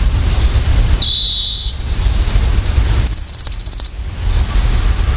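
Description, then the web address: Varied tit calls: two brief high buzzy trills a couple of seconds apart, the second slightly higher, with steady low rumbling noise throughout. "sikioto. yamagarazinaki"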